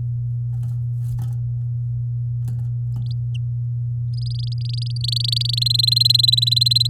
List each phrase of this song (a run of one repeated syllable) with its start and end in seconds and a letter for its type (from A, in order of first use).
4.14-5.64 A, 5.66-6.87 B